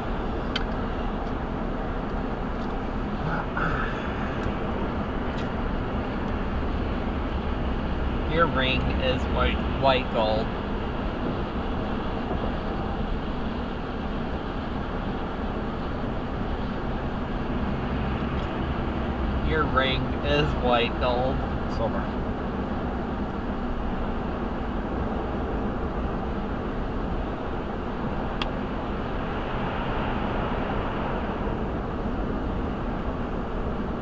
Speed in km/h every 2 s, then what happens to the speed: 105, 103, 101, 101, 100, 103, 103, 101, 100, 100, 100, 100, 101, 103, 105, 103, 103.
0-34 steady at about 101.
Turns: none.